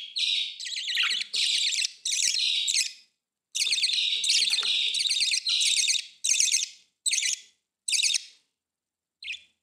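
Budgerigar chattering: long bursts of buzzy, warbling chatter with brief gaps, ending in a few shorter bursts and one faint chirp.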